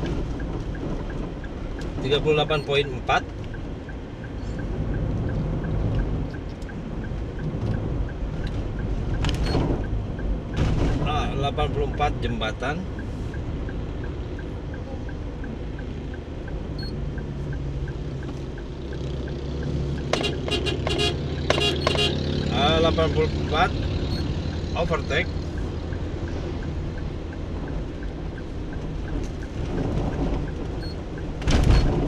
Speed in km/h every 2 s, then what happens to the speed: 50, 50, 51, 51, 51, 52, 52, 53, 53, 53, 52, 51, 50, 50, 50, 50.
0-32 steady at about 51.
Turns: none.